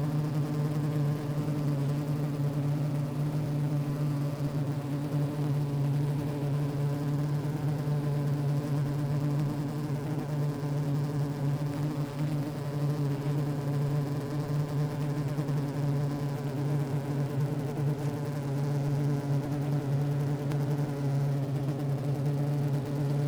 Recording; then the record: honeybee colony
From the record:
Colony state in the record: active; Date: 28 July 2017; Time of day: 15:20